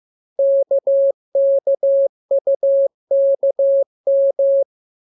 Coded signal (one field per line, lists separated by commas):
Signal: Morse code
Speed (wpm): 15 wpm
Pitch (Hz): 550 Hz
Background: none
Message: KKUKM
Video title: Learning Morse Code. Lesson 2. Letter KMU.